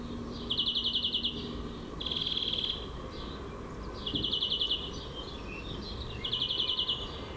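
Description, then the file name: European greenfinch song: bright rattling trills near the same pitch, four short bursts spaced about two seconds apart over a steady low background hum. "Chloris chloris"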